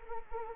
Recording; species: mosquito wingbeat signal from an infrared sensor; Anopheles arabiensis